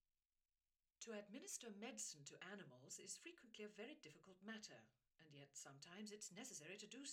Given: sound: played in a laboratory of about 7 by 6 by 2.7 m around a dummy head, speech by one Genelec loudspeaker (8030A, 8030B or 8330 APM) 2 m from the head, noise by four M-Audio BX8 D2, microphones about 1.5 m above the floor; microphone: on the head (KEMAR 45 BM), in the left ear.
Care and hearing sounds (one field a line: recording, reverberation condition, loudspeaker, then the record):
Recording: female speech in English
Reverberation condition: low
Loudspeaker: 60 degrees to the left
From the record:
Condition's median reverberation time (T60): about 310 ms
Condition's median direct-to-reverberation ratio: about 3.5 dB